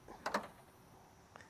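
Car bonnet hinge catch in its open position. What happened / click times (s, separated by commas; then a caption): The bonnet hinge catch clicked as the bonnet dropped, holding it short of full lock / 0.3 s. The raised bonnet of a 1990 Mercedes-Benz 500 SE (W126) was not pushed far enough back to lock in its full-open position and begins to come down. The bonnet hinge catch clicks sharply at 0.3 s and 0.4 s as it stops the fall, with a fainter tick near 1.4 s. The bonnet is caught but not locked fully open.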